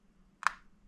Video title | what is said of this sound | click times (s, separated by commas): M1 MacBook Pro 2020 A2338 Full Display Replacement - Self Service Repair | hear that click as the screw catches in the right spot and then screw righty tighty | 0.5 s